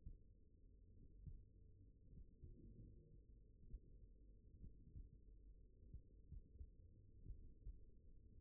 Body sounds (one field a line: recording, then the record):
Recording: forearm muscle sounds (acoustic myography)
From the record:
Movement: tripod grip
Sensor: system 1, eight BSWA MPA416 microphones around the upper forearm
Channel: 7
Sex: male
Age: 42 years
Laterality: right